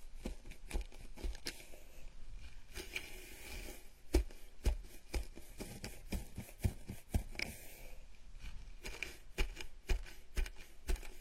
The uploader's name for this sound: scalp massage, gentle and comfortable